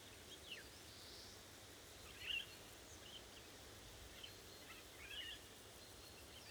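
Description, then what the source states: Eurasian golden oriole calls: a few irregular harsh notes, one louder than the rest, amid continuous background hiss. More than one oriole, calling to one another.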